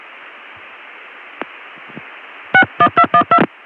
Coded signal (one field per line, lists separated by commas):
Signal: DTMF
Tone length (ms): 80 ms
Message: 61212